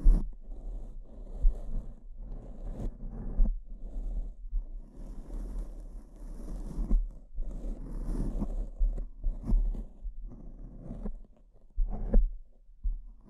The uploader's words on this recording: ASMR S E N S I T I V E Brain Scratch (No Talking).